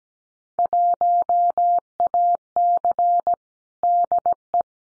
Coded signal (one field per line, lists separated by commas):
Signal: Morse code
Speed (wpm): 17 wpm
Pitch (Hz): 700 Hz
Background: none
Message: 1AC DE